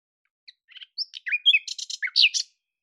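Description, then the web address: Bird song: a jumbled, fast medley of varied chirps, slurred whistles and brief buzzy notes, with no steady rhythm. "Deverinetal 2025"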